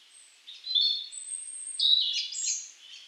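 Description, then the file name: European robin song: a soft thin note, then a bright, tumbling high warble with quick trilled ornaments. "Erithacus rubecula"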